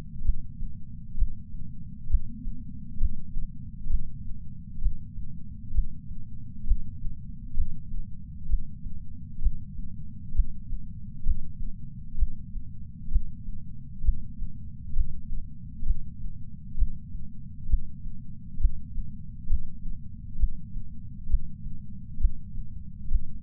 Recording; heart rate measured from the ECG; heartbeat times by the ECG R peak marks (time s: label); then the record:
heart sounds by patch sensor on the chest; 66 bpm
0.24 s: heartbeat
1.17 s: heartbeat
2.09 s: heartbeat
2.99 s: heartbeat
3.89 s: heartbeat
4.81 s: heartbeat
5.73 s: heartbeat
6.66 s: heartbeat
7.56 s: heartbeat
8.48 s: heartbeat
9.41 s: heartbeat
10.34 s: heartbeat
11.25 s: heartbeat
12.17 s: heartbeat
13.10 s: heartbeat
14.03 s: heartbeat
14.95 s: heartbeat
15.85 s: heartbeat
16.77 s: heartbeat
17.68 s: heartbeat
18.59 s: heartbeat
19.48 s: heartbeat
20.38 s: heartbeat
21.28 s: heartbeat
22.19 s: heartbeat
23.10 s: heartbeat
From the record:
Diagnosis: coronary artery disease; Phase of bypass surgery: preoperative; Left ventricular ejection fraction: 65.2%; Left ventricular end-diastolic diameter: 45 mm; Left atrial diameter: 36 mm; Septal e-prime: 3.6 cm/s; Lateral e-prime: 5.4 cm/s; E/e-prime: 13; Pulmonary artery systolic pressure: 22 mmHg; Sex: female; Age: 69 years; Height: 148 cm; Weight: 51 kg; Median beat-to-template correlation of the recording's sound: 0.94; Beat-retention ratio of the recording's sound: 0.99